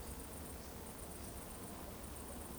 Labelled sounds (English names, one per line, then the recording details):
Eurasian Woodcock whistle
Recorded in Baden-Württemberg, Germany, on 23 June 2020 at 20:32 UTC
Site 14569, 102 m above sea level